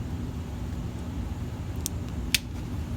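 An LED replacement bulb is pushed into a Tacoma's daytime running light socket over a steady low-frequency hum. Two sharp clicks sound at 1.9 s and 2.4 s, the second louder, as the bulb seats home in the socket.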